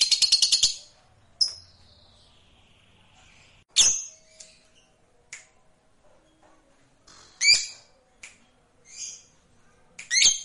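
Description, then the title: Lovebird opening with a rapid, high, rattling trill, then scattered harsh chirps and squeaks at uneven intervals. Fighter lovebird. "Begitu Dengar Suara Lovebird FIGHTER NGEKEK PANJANG"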